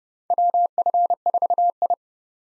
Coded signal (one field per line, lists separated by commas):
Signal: Morse code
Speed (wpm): 30 wpm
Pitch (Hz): 700 Hz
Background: none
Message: WF4I